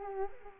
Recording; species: mosquito wingbeat signal from an infrared sensor; Culex quinquefasciatus